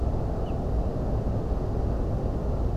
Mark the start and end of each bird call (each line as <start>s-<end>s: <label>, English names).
0.45s-0.53s: Ortolan Bunting